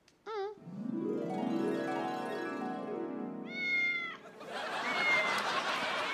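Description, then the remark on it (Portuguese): A cat called Sr. Bigodes meows several times in a row: a short high chirp, then a long drawn-out wavering meow, and a brief higher-pitched mew before a burst of noisy hiss-like sound at the end. “Bigodes, quem é o gatinho mais lindo da mamã? Olá, pequenino, como é que estás?”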